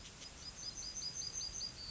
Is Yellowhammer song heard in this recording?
yes